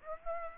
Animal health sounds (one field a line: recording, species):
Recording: mosquito wingbeat signal from an infrared sensor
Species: Aedes aegypti